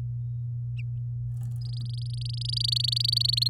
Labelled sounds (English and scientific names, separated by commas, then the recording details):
Domestic Canary (Serinus canaria) song
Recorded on 11 May 2018 at 10:01
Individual llb16